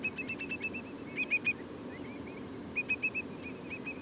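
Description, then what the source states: Whimbrel piping: repeated clusters of quick, sharp whistled notes separated by brief pauses, over a low background hum. Whimbrels giving lots of piping calls at Portland.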